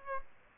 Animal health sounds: mosquito wingbeat signal from an infrared sensor; Aedes albopictus

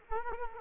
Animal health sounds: mosquito wingbeat signal from an infrared sensor; Culex quinquefasciatus

